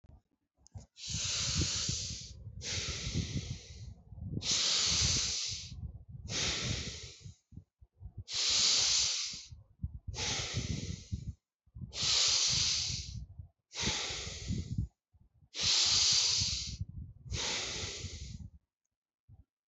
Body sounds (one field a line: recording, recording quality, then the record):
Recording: deep breathing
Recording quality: excellent, no background noise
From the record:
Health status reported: healthy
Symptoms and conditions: none ticked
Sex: male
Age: 59 years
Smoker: not ticked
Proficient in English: yes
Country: India